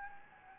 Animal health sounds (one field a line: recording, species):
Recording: mosquito wingbeat signal from an infrared sensor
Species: Anopheles gambiae